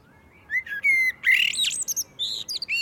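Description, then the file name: Common blackbird song: a few low, fluted whistles followed by a rising scratchy flourish and a burst of high, thin twittering notes. "Turdus merula"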